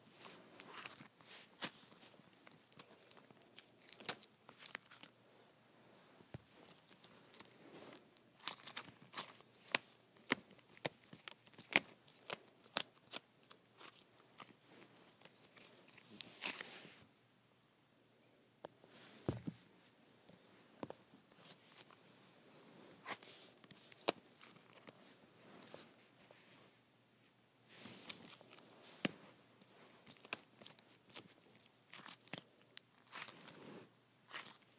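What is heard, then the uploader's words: Putty is pulled apart in irregular bursts of sharp, bright snapping and crackling clicks, with brief quiet pauses near seventeen and twenty-eight seconds. ASMR Pulling Apart Putty.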